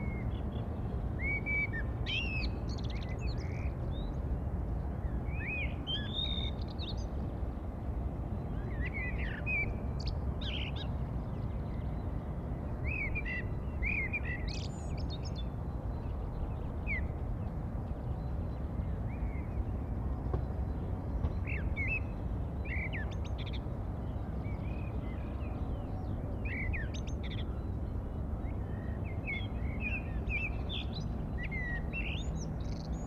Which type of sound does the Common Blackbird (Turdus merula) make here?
song